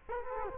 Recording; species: mosquito wingbeat signal from an infrared sensor; Culex quinquefasciatus